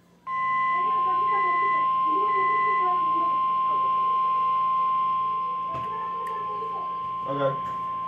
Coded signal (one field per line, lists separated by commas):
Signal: Emergency Alert System (SAME) tones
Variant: 1050 Hz attention tone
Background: speech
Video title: EAS/NWR Alert or message #1158-1159: Required Weekly Test #15 fail part 2